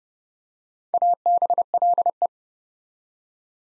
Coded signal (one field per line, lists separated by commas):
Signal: Morse code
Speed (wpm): 30 wpm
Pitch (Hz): 700 Hz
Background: none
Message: ABLE